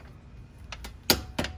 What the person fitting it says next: All right, you heard that click?